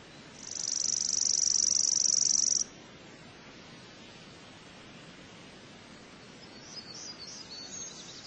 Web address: cotor. Chipping Sparrow